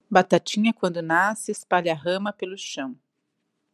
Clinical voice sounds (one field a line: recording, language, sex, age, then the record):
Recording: short text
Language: Brazilian Portuguese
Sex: female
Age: 40 to 49 years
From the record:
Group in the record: control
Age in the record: 48 years